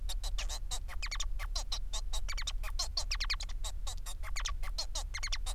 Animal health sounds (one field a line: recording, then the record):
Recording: song of a male Bengalese finch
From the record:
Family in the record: son of father 4